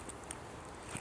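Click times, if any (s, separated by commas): none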